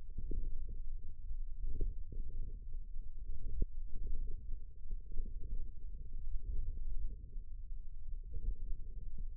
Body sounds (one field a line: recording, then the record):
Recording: forearm muscle sounds (acoustic myography)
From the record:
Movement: ulnar deviation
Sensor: system 1, eight BSWA MPA416 microphones around the upper forearm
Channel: 6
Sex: male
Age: 54 years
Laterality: right